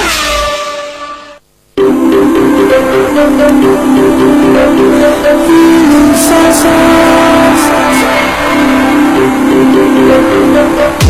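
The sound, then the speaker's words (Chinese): Go-kart engines at Sonic Karting race in a loud, steady, buzzing drone with a rough, raspy edge and slight shifts in pitch, holding for about nine seconds after a brief cut near the start, in a radio advertisement. “成为索尼克卡丁车，带你撒把野，你就是下一个车王。”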